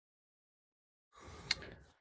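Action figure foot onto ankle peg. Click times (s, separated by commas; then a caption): 1.5 s. A foot is pushed back onto the plastic ankle peg of a Hot Toys BVS Batman 2.0 1/6 scale action figure. After about a second of silence, soft handling noise begins, and a sharp pop sounds at 1.5 s. The foot is seated all the way onto the peg.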